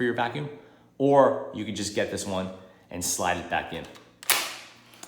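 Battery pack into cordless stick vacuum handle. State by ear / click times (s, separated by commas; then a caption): seated / 4.2 s. Someone talks while sliding the battery pack of a Dyson V11 cordless stick vacuum up into the handle body. A sharp, loud click at 4.2 s shows the battery seating firmly, followed by a fainter tick around 5.0 s.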